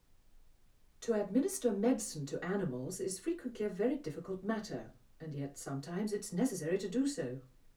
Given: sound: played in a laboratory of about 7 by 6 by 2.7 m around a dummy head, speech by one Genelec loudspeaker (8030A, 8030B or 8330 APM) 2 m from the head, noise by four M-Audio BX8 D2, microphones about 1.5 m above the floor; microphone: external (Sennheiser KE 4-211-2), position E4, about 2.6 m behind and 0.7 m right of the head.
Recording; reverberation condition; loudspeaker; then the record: female speech in English; low; 30 degrees to the left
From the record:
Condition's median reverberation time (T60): about 310 ms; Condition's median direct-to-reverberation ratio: about 3.5 dB